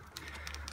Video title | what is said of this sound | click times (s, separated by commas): LS2 Helm MX456 Deutsch - Erklärung by RWN Moto | ganz einfach die Druckknöpfe wieder reinmachen man hört es auch klicken wenn es funktioniert hat | 0.2 s, 0.5 s, 0.7 s